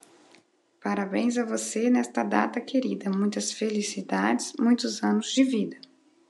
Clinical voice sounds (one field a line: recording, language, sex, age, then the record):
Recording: short text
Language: Brazilian Portuguese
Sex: female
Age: 30 to 39 years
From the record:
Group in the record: control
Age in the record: 35 years